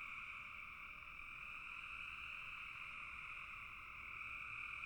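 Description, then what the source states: Frogs calling together in a thick, pulsing chorus, rapid notes blending into a continuous rattling hum. Frogs in a bog.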